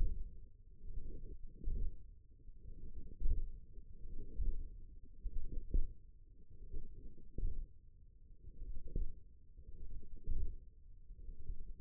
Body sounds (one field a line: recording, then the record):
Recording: forearm muscle sounds (acoustic myography)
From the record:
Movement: hand opening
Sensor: system 1, eight BSWA MPA416 microphones around the upper forearm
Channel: 7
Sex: female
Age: 21 years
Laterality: right